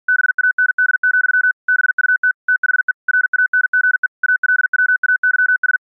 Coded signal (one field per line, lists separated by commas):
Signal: Morse code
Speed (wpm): 48 wpm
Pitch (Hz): 1500 Hz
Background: none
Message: BAND, BUT THE RANGE ALWAYS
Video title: Slow Scan Radio, August 1, 2018, Ep. 2